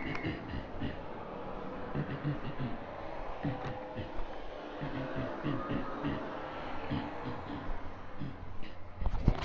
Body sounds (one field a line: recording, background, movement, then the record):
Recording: laughter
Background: traffic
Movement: walking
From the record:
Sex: male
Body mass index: 23.7 kg/m2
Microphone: on the chest, facing outward